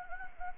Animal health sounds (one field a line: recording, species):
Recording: mosquito wingbeat signal from an infrared sensor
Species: Anopheles gambiae